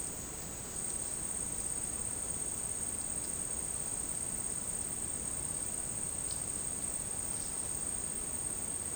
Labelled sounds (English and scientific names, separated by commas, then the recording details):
none
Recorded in dense forest near Puerto Asís, Putumayo, Colombia, on 23 June 2025 at 12:00
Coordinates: 0.499, -76.324
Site G100